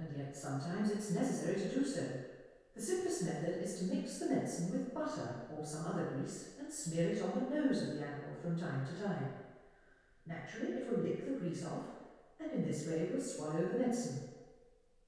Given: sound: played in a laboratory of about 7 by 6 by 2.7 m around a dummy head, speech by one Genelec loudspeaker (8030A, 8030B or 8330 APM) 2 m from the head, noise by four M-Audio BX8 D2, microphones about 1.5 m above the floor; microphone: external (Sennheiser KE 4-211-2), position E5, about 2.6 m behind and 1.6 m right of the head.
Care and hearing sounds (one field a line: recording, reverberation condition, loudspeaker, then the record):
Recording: female speech in English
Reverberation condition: high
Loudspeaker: 120 degrees to the left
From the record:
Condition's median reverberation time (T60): about 1300 ms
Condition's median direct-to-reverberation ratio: about -4.0 dB